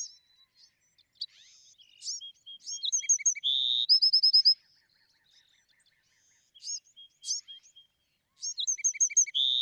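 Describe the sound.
Bewick's wren singing a complex phrase of high chips, a buzzy burr and a fast series of clear repeated notes, with quieter scattered notes after it and the song starting again at the end.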